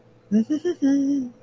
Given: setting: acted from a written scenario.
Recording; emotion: vocal sound without words; romantic love